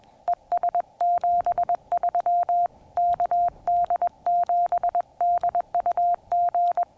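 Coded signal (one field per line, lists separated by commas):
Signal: Morse code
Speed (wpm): 21 wpm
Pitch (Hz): 700 Hz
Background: none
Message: ES 73 KD7DUG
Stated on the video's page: Morse during combined POTA and SOTA summit activation, on 15 meters and on 144.200 MHz 2 meters.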